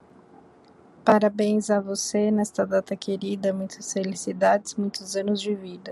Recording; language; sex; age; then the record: short text; Brazilian Portuguese; female; 30 to 39 years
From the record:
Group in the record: control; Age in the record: 32 years